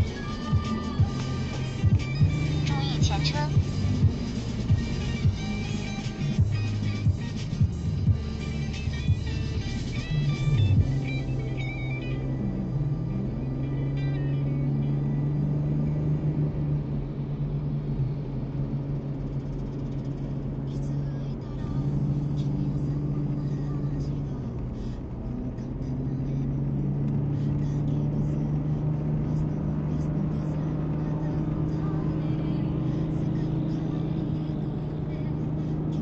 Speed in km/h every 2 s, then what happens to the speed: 50, 48, 40, 35, 33, 39, 41, 47, 49, 48, 49, 50, 46, 49, 51, 53, 54, 54.
0-8 slows to 33. 8-15 speeds up to 49. 15-25 steady at about 49. 25-36 speeds up to 54.